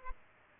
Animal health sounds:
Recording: mosquito wingbeat signal from an infrared sensor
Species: Culex pipiens

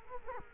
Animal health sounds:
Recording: mosquito wingbeat signal from an infrared sensor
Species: Culex quinquefasciatus

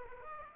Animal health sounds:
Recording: mosquito wingbeat signal from an infrared sensor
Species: Aedes aegypti

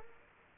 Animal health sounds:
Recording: mosquito wingbeat signal from an infrared sensor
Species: Aedes aegypti

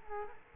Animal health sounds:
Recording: mosquito wingbeat signal from an infrared sensor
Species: Culex quinquefasciatus

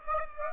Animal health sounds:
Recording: mosquito wingbeat signal from an infrared sensor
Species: Aedes aegypti

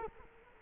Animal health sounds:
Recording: mosquito wingbeat signal from an infrared sensor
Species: Culex quinquefasciatus

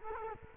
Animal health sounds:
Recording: mosquito wingbeat signal from an infrared sensor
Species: Culex quinquefasciatus

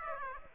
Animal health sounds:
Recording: mosquito wingbeat signal from an infrared sensor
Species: Aedes aegypti

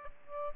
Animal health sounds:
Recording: mosquito wingbeat signal from an infrared sensor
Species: Aedes albopictus

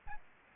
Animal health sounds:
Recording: mosquito wingbeat signal from an infrared sensor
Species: Aedes albopictus

